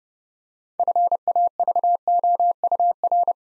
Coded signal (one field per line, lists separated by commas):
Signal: Morse code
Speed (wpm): 30 wpm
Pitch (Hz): 700 Hz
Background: none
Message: FAVOUR